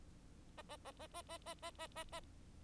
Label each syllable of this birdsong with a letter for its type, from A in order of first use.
A A A A A A A A A A A